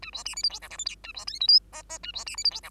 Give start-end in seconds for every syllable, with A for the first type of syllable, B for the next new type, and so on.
0.02-0.11 A, 0.13-0.24 B, 0.25-0.35 C, 0.36-0.43 D, 0.43-0.49 E, 0.49-0.59 F, 0.61-0.69 G, 0.70-0.77 H, 0.78-0.85 I, 0.85-0.95 J, 1.03-1.13 A, 1.14-1.25 B, 1.27-1.39 K, 1.40-1.47 L, 1.48-1.59 M, 1.72-1.83 N, 1.92-1.99 N, 2.03-2.12 A, 2.13-2.25 B, 2.26-2.36 C, 2.37-2.44 D, 2.44-2.50 E, 2.51-2.61 F, 2.63-2.70 G